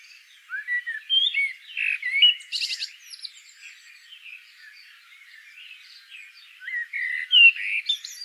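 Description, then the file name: Common blackbird giving mellow, slurred fluting notes with a sudden scratchy high burst, a quieter middle, then another rich whistled phrase. "Turdus merula"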